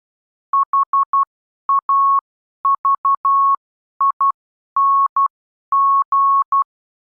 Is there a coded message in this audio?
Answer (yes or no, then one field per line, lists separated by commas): yes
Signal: Morse code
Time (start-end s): 0.5-6.6 s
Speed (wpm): 12 wpm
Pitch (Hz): 1100 Hz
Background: none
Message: HAVING